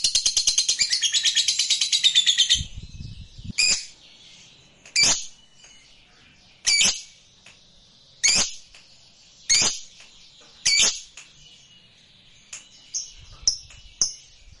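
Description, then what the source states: Lovebird gives a short burst of rapid chatter, followed by loud single sharp chirps at intervals. Fighter-type lovebird singing energetically, described as gacor.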